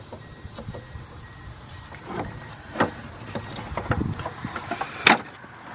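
A stubborn plastic wiring harness plug is worked off the cooling fan control module under the hood of a 2004 Mazda MPV LX, with scraping and several small knocks and clicks as it resists. At 5.1 s it comes free with a sharp, loud snap, and the connector is released.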